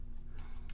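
A plastic-mounted circuit board is worked back and forth, with the battery wires tucked under it, inside the shell of a Virtue Spire IR paintball hopper. Two short ticks are heard at 0.4 s and 0.7 s over a low steady hum. The board pops and seats into place in the hopper housing.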